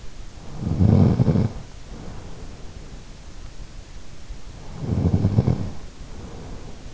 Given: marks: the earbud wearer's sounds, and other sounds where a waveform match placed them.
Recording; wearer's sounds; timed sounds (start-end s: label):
sounds in sleep by an in-ear microphone; snoring breath
0.38-2.91 s: snoring breath
4.68-6.94 s: snoring breath